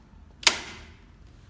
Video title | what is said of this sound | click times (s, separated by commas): Swallow Assembling Instruction | you can hear the clear click sound and then unlock this part | 0.5 s